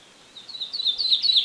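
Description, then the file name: Common chaffinch notes, a short series of high, slightly rising chips repeated quickly and growing louder, cut off before finishing. "Fringilla coelebs"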